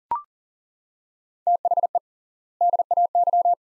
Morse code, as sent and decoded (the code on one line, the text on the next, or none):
- .... . / -.. .- -.--
THE DAY